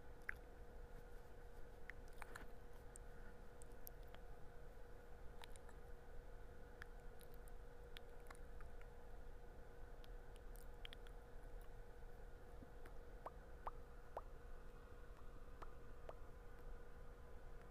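Soft mouth sounds and light tapping, heard as short, sparse clicks scattered irregularly through the clip, some dull and some crisp. Beneath them runs a steady low rumble with a faint constant hum, like an engine or machinery.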